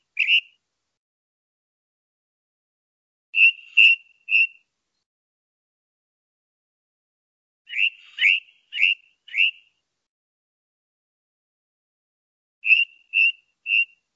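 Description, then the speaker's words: Ring Ouzel singing terse groups of two to four loud, fluty notes, the phrases separated by silent gaps of roughly three seconds. Male's song; the species is described as a migrant. "Mirlo capiblanco, canto del macho."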